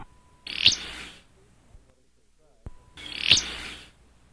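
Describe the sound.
Willow flycatcher: two short high notes about two and a half seconds apart, each with a sharp bright peak and each preceded by a brief steady tone.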